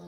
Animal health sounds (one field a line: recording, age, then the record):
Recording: pig call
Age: piglet (1 to 25 days)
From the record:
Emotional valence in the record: negative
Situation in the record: long isolation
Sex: female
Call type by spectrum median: low-frequency call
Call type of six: low-frequency stable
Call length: 0.09 s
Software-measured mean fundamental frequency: 51 Hz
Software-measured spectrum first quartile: 188 Hz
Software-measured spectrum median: 338 Hz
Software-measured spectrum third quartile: 674 Hz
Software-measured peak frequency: 176 Hz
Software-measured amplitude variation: 26 dB a second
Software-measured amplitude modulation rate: 11.7 a second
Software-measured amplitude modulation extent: 2.2 dB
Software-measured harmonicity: 6.2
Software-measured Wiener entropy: -0.04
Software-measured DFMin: 1143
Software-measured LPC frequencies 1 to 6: 3779, 4672, 5694, 7974, 8767, 10081 Hz